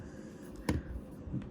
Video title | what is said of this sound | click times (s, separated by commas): Nightwing Escrima Stick - Arkham City Prop Replica - NECA - Review | just going to push in at both ends do you hear that click and there it is | 0.7 s